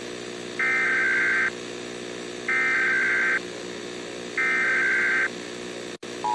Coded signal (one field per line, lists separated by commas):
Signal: Emergency Alert System (SAME) tones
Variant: header bursts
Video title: Black Mesa EAS Alert